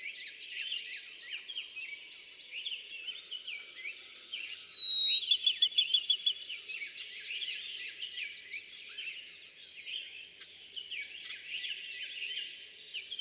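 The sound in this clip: Bachman's sparrow song, a single whistled note leading into a short, musical trill about a second long, amid dense background birdsong.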